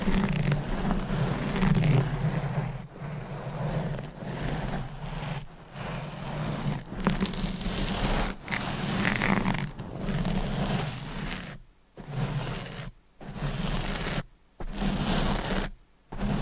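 Deep scratching, brushing and stroking across a microphone, a dense rumbling rush with a strong low throb. Strokes swell and fade in uneven waves, and after about eleven seconds the sound breaks into short bursts separated by brief silent gaps.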